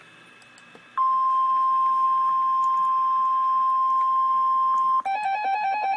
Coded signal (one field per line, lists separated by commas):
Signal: Emergency Alert System (SAME) tones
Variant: 1050 Hz attention tone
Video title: REAL EAS 333-Special marine warning